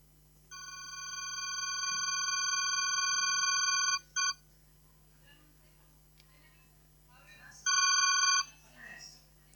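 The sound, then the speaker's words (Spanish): A lost black Samsung mobile phone, found in a bathroom, rings with a steady, buzzy electronic tone that swells over about four seconds, stops, gives a short blip, then sounds again briefly, with faint voices murmuring underneath. “Encontraron un celular en el baño, Samsung negro.”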